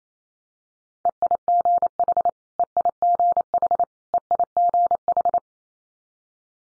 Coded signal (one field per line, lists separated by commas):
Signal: Morse code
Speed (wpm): 28 wpm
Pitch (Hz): 700 Hz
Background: none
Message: EIGH EIGH EIGH